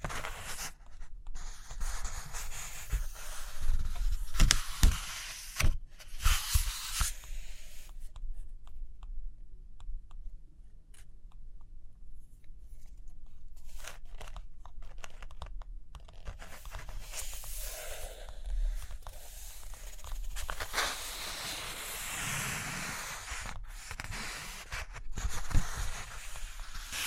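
Paper handling with page turns and taps, crackly bursts clustered in the first seven seconds, then a quieter stretch of soft scratching like writing or drawing. Around 18 to 24 seconds, louder rustling and sliding sweeps return, with a sharp tap near the end.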